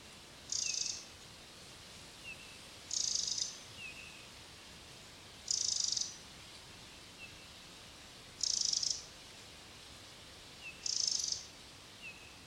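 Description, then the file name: Eurasian wren calling with five high dry rattles spaced two to three seconds apart, with faint short notes between them; constant low hiss. "Troglodytes troglodytes"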